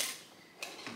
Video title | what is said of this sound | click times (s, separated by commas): Reviewing the Breville Juicer - Let's make some green juice | this snaps in place like such the | 0.6 s